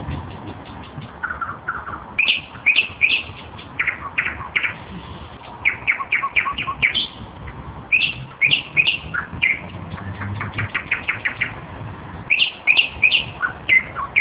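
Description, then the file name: Nightingale singing in varied bursts: whistled slurs, rapid repeated notes and rattling series, separated by short pauses, with steady low background noise. Recorded 7 May 2012. "solovei"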